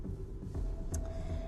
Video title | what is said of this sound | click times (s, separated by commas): Gems TV Live | you've got that sort of the clicks into place and if I turn it | 0.9 s